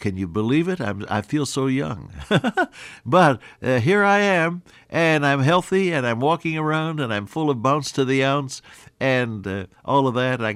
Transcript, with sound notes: Can you believe it? I feel so young. (Laughs) But, here I am and I’m healthy and I’m walking around and I’m full of bounce to the ounce and all of that.